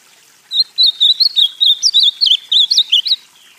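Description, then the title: Ultramarine grosbeak song: a lively run of many clear, bouncing whistled notes, wavering up and down over about two and a half seconds. Singing at full steam. "AZULÃ O CANTANDO A TODO VAPOR"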